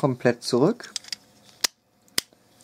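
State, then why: Seated. Someone talks while folding the plastic roof panel of a 2015 Robots in Disguise Warrior Class (Deluxe) Bumblebee transforming toy robot all the way back during its transformation. After a sharp tick at about 1.6 s, a crisp plastic click at 2.2 s marks the roof panel locking into place at the top.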